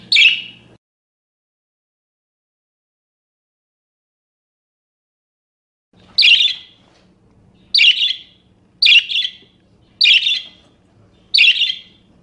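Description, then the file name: Parakeet: one harsh chirp, then a long silence, followed by five shrill, scratchy calls about a second apart. "suara-burung-parkit -omkicau"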